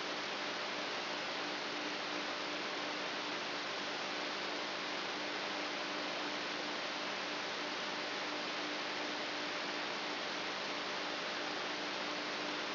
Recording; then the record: brain microelectrode recording played as sound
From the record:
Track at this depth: inside the subthalamic nucleus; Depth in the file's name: 6.216 mm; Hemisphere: left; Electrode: 3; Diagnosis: Parkinson's disease